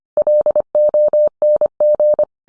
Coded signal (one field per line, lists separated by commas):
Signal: Morse code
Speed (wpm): 25 wpm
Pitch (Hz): 600 Hz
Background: none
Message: LONG